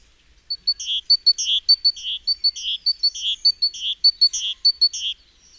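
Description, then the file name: Great tit call: a long, even series of paired high piping notes and harsh buzzes, starting after a brief silence and stopping before the end. "Parus major"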